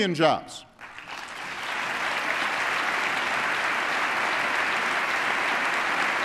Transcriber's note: applause